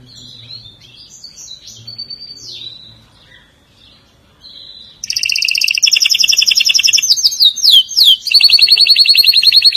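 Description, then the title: Atlantic canary song: soft scattered twittering notes, then a sudden loud run of rapid, ringing trills, shifting pitch between fast rolled phrases. "Kenari"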